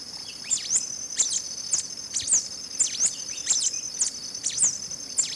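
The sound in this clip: Black-capped Warbling Finch calls: high, sliding chip notes repeated several times over a steady, shrill insect buzz.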